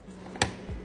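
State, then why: Released. After a new code is dialed on a Saint2009 suitcase's TSA combination lock, the unlock slider is pushed and the code-setting reset button springs back up with a sharp, bright click at 0.4 s. A faint steady hum runs underneath, with a softer low thump near the end. The reset button is released and the new code is set.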